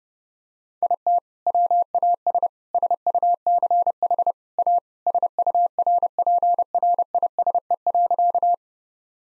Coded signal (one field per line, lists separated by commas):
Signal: Morse code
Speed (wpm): 30 wpm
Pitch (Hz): 700 Hz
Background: none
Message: IT WAS SUCH A SURPRISE.